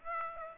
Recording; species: mosquito wingbeat signal from an infrared sensor; Aedes aegypti